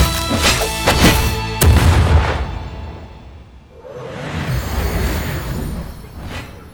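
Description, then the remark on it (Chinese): A flurry of impact sounds from a fight in the audio drama Quanzhi Gaoshou (The King's Avatar): sharp hits and a heavy boom near the start as a punch lands, followed by a rushing, noisy swoosh that swells and fades. No voices. “吃我一拳！”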